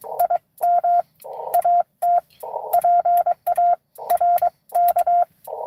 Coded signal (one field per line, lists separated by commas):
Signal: Morse code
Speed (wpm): 25 wpm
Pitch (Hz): 700 Hz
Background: radio noise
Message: IM AT PARK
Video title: N2AKJ is live! Doing pota and 12 days of xmas at us-2147 #pota #cw